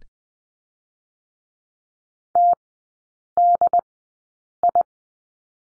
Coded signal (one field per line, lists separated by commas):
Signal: Morse code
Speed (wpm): 20 wpm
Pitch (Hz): 700 Hz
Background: none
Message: TDI